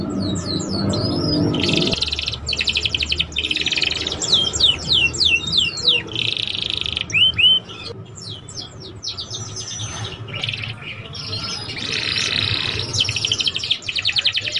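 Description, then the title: Belgian canary song: rapid rolling trills and quick upward sweeps, high and sustained, broken by brief gaps, with a low buzzing tone near the start. Belgian canary song to warm up young canaries and stimulate them to start singing quickly and warbling. "Canto Para Esquentar Canário Belga. SUARA KENARI PAUD CUIT CUIT BELAJAR BUNYI - pancingan kenari paud muda agar cepat bunyi dan ngeriwik"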